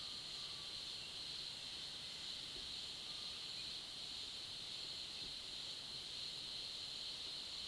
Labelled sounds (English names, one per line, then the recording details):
none
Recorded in pastures near Puerto Asís, Putumayo, Colombia, on 19 February 2024 at 09:30
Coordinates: 0.497, -76.327
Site G7276